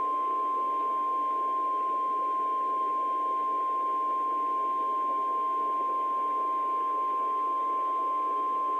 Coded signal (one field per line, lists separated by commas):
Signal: Emergency Alert System (SAME) tones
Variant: 1050 Hz attention tone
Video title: An EAS timeline of the 5/19/13 Edmond, OK Tornado